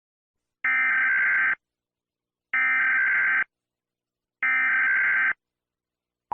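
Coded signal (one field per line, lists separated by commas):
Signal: Emergency Alert System (SAME) tones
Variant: header bursts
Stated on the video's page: Fictional analog-horror EAS broadcast.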